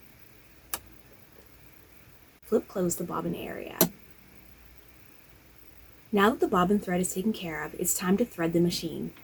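A bobbin case is pressed into the bobbin area of a vintage Eaton's Viking 788P sewing machine, its finger lined up with the groove, and it clicks into place with a sharp snap at 0.7 s. Someone then talks over a quiet background.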